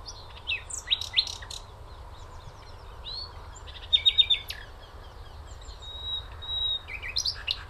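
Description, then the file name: Common nightingale song: rich phrases mixing rapid clicks, rattling trills and a long sustained whistle, repeated in short bursts over low hum. "Luscinia megarhynchos"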